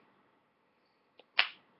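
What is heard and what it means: An e-reader is pressed into its protective case until the case's retaining edge snaps over it and it seats. A faint tick at about 1.2 seconds is followed by a sharp, loud snap at 1.4 seconds that fades quickly, confirming the e-reader has clicked into place in the case.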